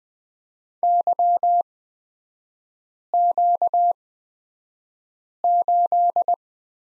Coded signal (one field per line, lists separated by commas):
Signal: Morse code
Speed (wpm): 20 wpm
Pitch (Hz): 700 Hz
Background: none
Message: YQ8